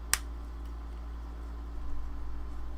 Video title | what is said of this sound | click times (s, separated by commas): HG 1/144 Rick-Dom (Gunpla Hangar Ep. 48) | pop into place | 0.1 s